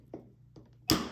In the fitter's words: it clicks, and the next one till it clicks.